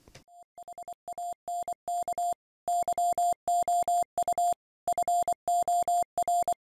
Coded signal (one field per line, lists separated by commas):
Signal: Morse code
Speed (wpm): 24 wpm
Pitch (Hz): 700 Hz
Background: none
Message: HANK YOU FOR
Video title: Radio Communications Without A Radio - Echolink